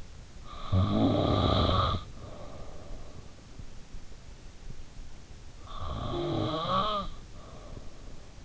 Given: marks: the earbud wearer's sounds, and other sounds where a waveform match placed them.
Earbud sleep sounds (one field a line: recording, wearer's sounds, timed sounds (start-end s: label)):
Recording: sounds in sleep by an in-ear microphone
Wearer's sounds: snoring breath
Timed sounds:
0.62-3.71 s: snoring breath
5.67-8.45 s: snoring breath